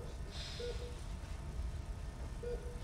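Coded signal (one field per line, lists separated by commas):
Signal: none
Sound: theatre sound effect beeps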